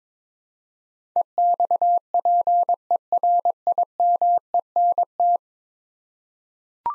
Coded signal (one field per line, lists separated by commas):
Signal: Morse code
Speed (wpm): 22 wpm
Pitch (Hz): 700 Hz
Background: none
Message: EXPERIMENT